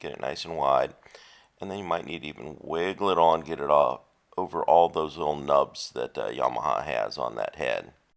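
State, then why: Not seated. Someone talks while the clamp-style mount for a Parabolic steering damper on a 2023 Yamaha YZ450F is pried open wide with a screwdriver and wiggled over the raised nubs on the motorcycle frame's steering head. Only speech is heard, with no distinct click. Nothing has seated or snapped into place yet.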